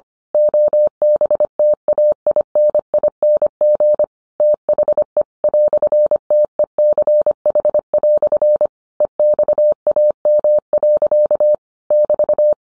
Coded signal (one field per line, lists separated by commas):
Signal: Morse code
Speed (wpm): 25 wpm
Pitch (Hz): 600 Hz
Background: none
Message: OBTAINING THE "TECH" EXAM. <BT>